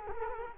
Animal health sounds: mosquito wingbeat signal from an infrared sensor; Culex quinquefasciatus

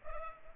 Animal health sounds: mosquito wingbeat signal from an infrared sensor; Culex pipiens

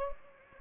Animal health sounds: mosquito wingbeat signal from an infrared sensor; Anopheles gambiae

